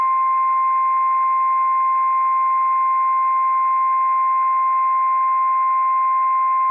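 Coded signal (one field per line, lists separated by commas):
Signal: Emergency Alert System (SAME) tones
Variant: 1050 Hz attention tone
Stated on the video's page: Required Weekly Test from the National Weather Service Pendleton, Oregon, operational EAS tones.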